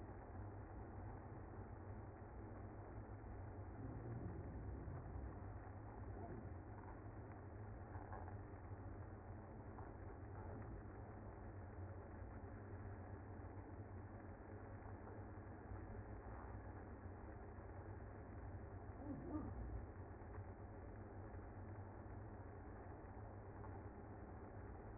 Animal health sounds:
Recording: honeybee colony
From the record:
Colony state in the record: active

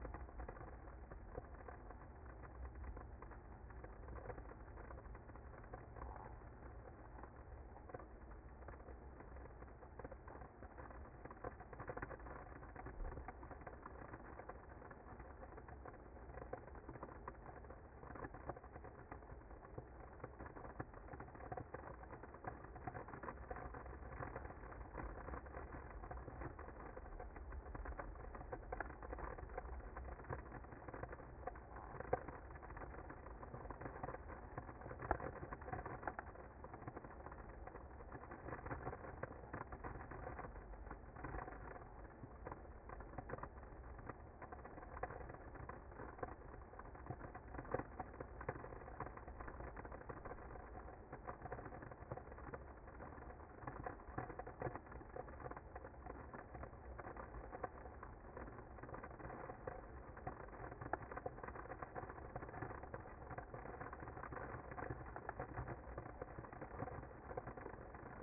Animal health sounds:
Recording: honeybee colony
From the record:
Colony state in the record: active

